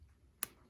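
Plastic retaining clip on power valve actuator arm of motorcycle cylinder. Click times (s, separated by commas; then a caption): 0.4 s. A plastic retaining clip is pressed onto the power valve actuator arm of a 1998 Suzuki RM250 two-stroke dirt bike engine's cylinder. It gives one sharp, snap-like click at 0.4 s against a quiet background, and the clip is seated.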